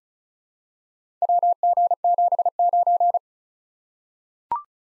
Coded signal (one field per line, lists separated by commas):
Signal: Morse code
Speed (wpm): 36 wpm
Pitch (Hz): 700 Hz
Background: none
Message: WG79